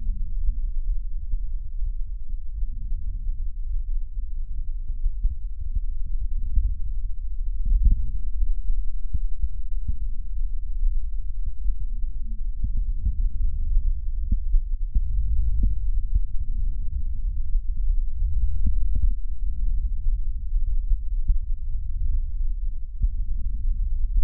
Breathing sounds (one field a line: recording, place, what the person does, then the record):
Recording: lung sounds by stethoscope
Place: right posterior apical chest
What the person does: quiet breathing, then deep breathing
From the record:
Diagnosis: interstitial lung disease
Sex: female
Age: 72 years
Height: 153 cm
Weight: 71 kg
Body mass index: 30.3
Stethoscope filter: bell mode